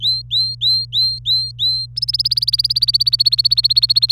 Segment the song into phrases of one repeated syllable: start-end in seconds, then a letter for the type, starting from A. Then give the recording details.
0.00-1.86 A, 1.96-4.12 B. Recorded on 25 April 2018 at 16:43. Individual llb3